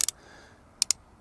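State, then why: Seated. The holding arms of a plastic cell phone mount on a vehicle mount for farm equipment are closed onto a phone after its button is pushed. Two faint ticks at the start are followed by two sharp, bright clicks at 0.8 s and 0.9 s. The arms click into place and index, holding the phone firmly.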